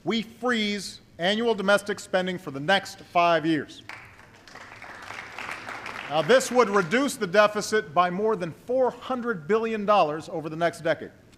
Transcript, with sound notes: we freeze annual domestic spending for the next five years. (Applause.) Now, this would reduce the deficit by more than $400 billion over the next decade,